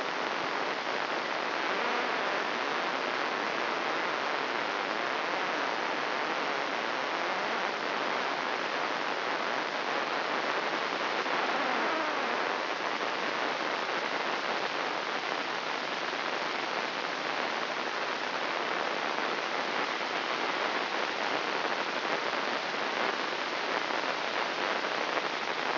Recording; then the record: brain microelectrode recording played as sound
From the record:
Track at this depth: inside the subthalamic nucleus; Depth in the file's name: 1.513 mm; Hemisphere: left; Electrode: 3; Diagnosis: Parkinson's disease